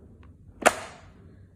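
The plastic lid of a UTVS-007 vacuum food sealer is closed and pressed down hard onto the base until it latches on both sides. A faint tick at 0.2 s is followed by one loud, sharp snap at 0.7 s that rings briefly before fading. The lid is locked shut.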